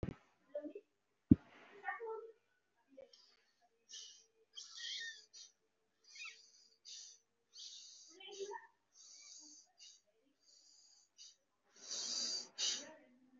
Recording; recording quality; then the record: shallow breathing; excellent, no background noise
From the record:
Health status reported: recovered from COVID-19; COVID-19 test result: positive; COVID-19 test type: RT-PCR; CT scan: taken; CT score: 0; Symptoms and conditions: cold, muscle pain, pneumonia, another respiratory illness, another condition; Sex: male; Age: 33 years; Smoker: no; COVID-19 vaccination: both doses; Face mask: worn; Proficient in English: yes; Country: India